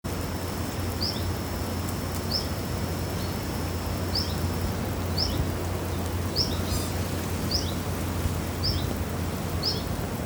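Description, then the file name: Common chiffchaff singing: high two-note phrases, each a brief upper note dropping to a lower one, repeated about every second over steady background noise. "zilpzalp"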